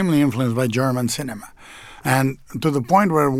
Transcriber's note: none